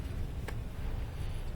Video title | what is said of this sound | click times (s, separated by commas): VW AX: Tiguan lean code at idle | just make sure it clicks into place and that's it | 0.5 s